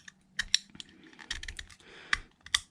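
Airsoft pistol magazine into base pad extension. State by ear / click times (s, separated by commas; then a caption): seated / 2.5 s. An AAP-01 airsoft pistol magazine, with the follower bottom pulled up slightly, is slid into the extended base pad of a drill kit. A series of sharp plastic clicks and rattles is heard. The magazine locks into place with a click at 2.6 s and is seated securely on the base pad.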